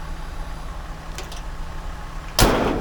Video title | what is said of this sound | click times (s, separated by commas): PAINIT NG MGA SASAKYAN--MOTO VLOG PAUWI | Nakalock na po, at ibababa naman natin tong hood. | 2.4 s